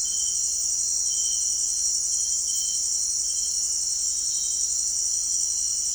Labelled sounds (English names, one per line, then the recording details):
none
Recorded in dense forest near Puerto Asís, Putumayo, Colombia, on 13 March 2025 at 18:00
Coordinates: 0.499, -76.324
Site GP03